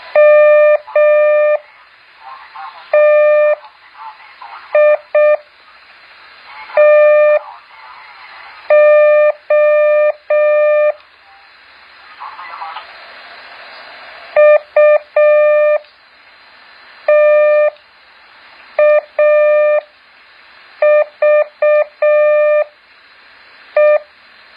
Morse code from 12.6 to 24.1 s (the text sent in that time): UTAVE